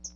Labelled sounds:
Hooded Warbler (Setophaga citrina) flight call

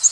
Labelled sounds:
Yellow-rumped Warbler (Setophaga coronata) flight call

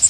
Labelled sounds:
Magnolia Warbler (Setophaga magnolia) flight call

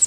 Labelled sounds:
Pine Warbler (Setophaga pinus) flight call

